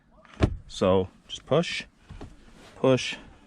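A plastic center console trim piece is pushed into the console of a 9th gen Honda Civic so its clips line up with the holes, while someone talks. A few soft handling taps come near 0.3, 0.4 and 2.2 seconds. Nothing has snapped or seated yet.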